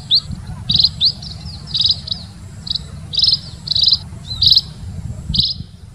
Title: Kicau Emprit Ngoceh Tak Kenal Lelah Untuk Masteran